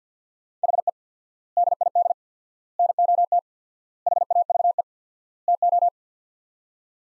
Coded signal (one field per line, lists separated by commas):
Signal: Morse code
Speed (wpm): 45 wpm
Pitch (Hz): 700 Hz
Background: none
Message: HE DID NOT HAVE TO